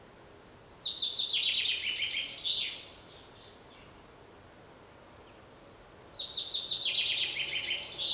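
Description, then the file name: Common chaffinch song: two descending trilled phrases separated by quiet background hiss, the first ending in a sharp flourish, the second cut off at the end. "Fringilla coelebs"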